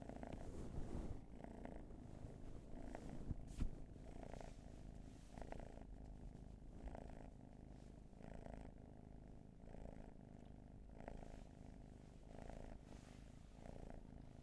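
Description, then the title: Cat purring, a low steady rumble that swells with each breath, with a few faint clicks early on. Long purring session. "Purrathon"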